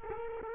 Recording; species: mosquito wingbeat signal from an infrared sensor; Culex quinquefasciatus